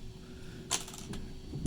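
A load cell is handled while being turned the other way to be pressed into a printed plastic mounting bracket. A brief broadband rustle comes at about 0.7 s, then short sharp taps at 1.1 s and 1.7 s over a low steady hum. The clip ends before the part goes home, so nothing has seated or clicked yet.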